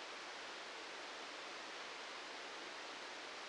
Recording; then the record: brain microelectrode recording played as sound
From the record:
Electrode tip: outside the subthalamic nucleus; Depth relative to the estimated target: -4 mm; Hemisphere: left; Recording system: NeuroSet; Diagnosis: Parkinson's disease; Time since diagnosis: 15 years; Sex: male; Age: 65 years